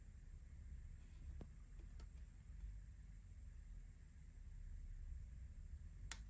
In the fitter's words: and this just goes on like this all the way around until you've got them all in there you go you can hear those clicking now